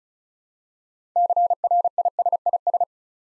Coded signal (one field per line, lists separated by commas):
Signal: Morse code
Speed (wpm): 36 wpm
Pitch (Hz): 700 Hz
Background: none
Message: CRISIS